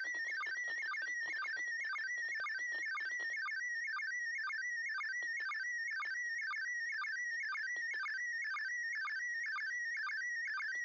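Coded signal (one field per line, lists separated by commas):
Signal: SSTV (slow-scan television)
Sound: warbling, chirping tone sweeping in pitch, with a rhythmic low blip twice a second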